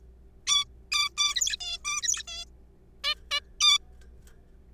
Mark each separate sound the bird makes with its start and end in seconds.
0.47-0.65, 0.92-1.09, 1.18-1.57, 1.60-1.78, 1.85-2.01, 2.03-2.23, 2.28-2.45, 3.04-3.14, 3.31-3.40, 3.61-3.78